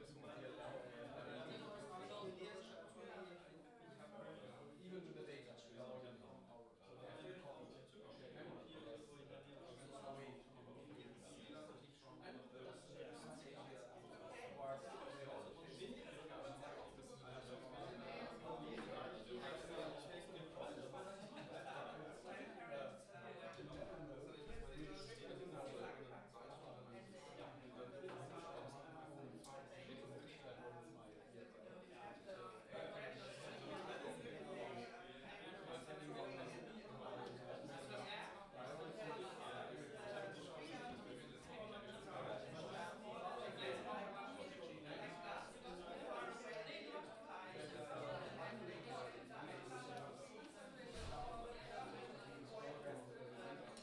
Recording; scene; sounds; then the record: everyday scene through a hearing-aid microphone; many people talking; many voices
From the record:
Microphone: in the ear canal, left